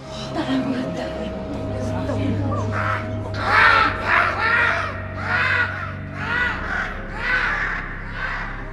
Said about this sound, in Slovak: Lala, deti, havran letí ponad mestské brány a za ním dve vrany.